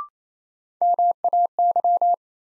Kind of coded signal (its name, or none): Morse code